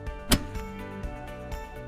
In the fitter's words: the refill is not properly installed until you hear the snap